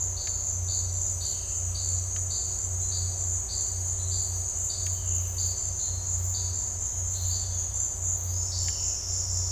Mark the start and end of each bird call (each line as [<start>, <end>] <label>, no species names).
[0.00, 7.61] bird call
[8.55, 9.52] bird call